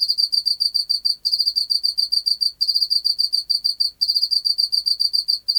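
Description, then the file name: Pacific field cricket song: rapid, high metallic pulses in continuous trains, each broken by a brief pause roughly every 1.4 seconds; no other sounds. "Teleogryllus oceanicus"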